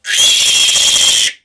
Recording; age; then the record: pig call; piglet (1 to 25 days)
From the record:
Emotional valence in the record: negative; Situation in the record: restrain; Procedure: back test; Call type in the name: high-frequency call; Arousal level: maximum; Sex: female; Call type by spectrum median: high-frequency call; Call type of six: high-frequency stable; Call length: 1.45 s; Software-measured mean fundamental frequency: 173 Hz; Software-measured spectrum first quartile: 3230 Hz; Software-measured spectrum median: 5012 Hz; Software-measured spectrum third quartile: 8060 Hz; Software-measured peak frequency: 3233 Hz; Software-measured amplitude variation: 139 dB a second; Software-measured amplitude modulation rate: 24.5 a second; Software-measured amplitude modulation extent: 5.7 dB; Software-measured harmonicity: 1.8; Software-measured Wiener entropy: -1.93